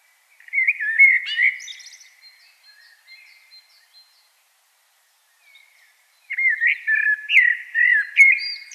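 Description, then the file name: Common blackbird song: a fluted warbling phrase fading into soft twitters, then a pause and another rich, whistled phrase. "Turdus merula"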